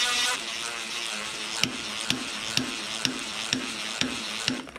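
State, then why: Released. An impact driver spins a fork cartridge loose from where it is threaded into the fork tube of a 2018 Suzuki RMZ 450, with a steady whirring drone under the run. Sharp, regular clicks at 1.6, 2.1, 2.6, 3.1, 3.5 and 4.5 seconds mark the threads running out, showing the cartridge has come all the way out.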